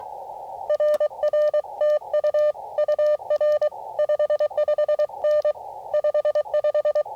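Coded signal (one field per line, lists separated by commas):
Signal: Morse code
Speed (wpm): 23 wpm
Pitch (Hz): 600 Hz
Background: none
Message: RRTU UR 55N 55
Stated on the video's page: CW Parks on the Air activation at US-5221 using a 9:1 random wire antenna; band conditions poor, slow start.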